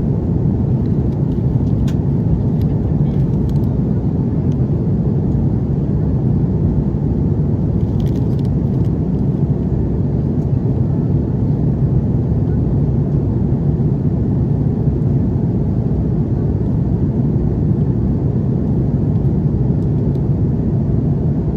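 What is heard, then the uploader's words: Airbus A330 engines give a steady, dense low roar throughout, with faint brief clicks and rustles near the start and around eight seconds. FULL FLIGHT - Airbus A330 Palma to Frankfurt (Condor).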